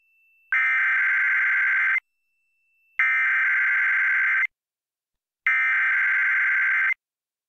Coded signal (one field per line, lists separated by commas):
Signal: Emergency Alert System (SAME) tones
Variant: header bursts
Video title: EAS #590: EAS Required Monthly Test- Dec. 11, 2021- 4:50PM PST